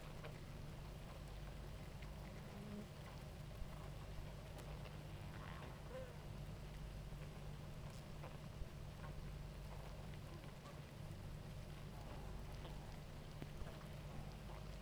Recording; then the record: honeybee colony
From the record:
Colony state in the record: active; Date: 28 July 2017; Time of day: 18:31